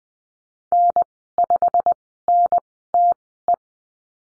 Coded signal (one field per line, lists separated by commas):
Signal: Morse code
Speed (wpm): 20 wpm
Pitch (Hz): 700 Hz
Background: none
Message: N5NTE